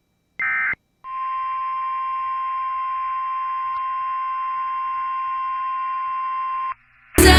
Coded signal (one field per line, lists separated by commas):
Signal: Emergency Alert System (SAME) tones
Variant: 1050 Hz attention tone